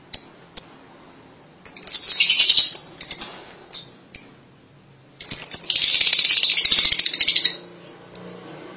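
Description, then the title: Lovebird calls: single sharp high chirps and two longer bursts of shrill, buzzy chattering, with a pause between them. "BM Suara Burung Lovebird"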